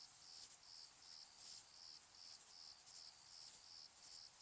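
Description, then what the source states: Crickets give steady shrill chirps, about two to three per second, layered over a continuous high buzzing background of insects. Distant crickets in summer fields during evening and night; shrill, high-frequency, flat night ambience.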